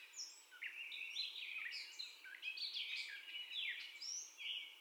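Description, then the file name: Catbird singing rapid, disjointed phrases of whistles, squeaks and rasping notes that leap up and down in pitch. First song, 30 May 2021, at 04:48. "2021-05-30 Catbird First Song"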